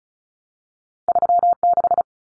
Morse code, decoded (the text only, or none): 36